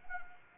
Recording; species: mosquito wingbeat signal from an infrared sensor; Anopheles arabiensis